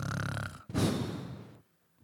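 An adult woman imitates a sleeping child's breathing: one slow, peaceful breath in and out, normal sleep breathing, as the child drifts back to sleep after a night-time asthmatic cough.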